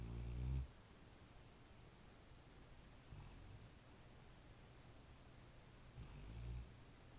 Snoring dog rainy night.